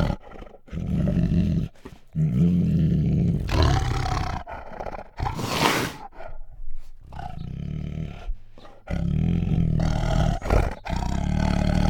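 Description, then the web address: Bengal tiger growling and snarling: deep rumbling growls with harsher snarls, broken by short pauses. Female, growling and snarling. "Sound Ideas Tigers Sound Effects"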